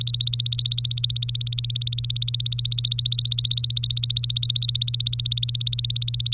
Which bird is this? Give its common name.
Domestic Canary